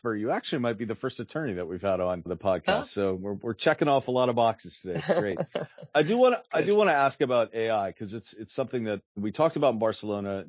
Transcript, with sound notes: You actually might be the first attorney that we’ve had on the podcast. So, we’re checking off a lot of boxes today. It’s great. *laughs* I do want to ask about AI, because it’s something that we talked about in Barcelona.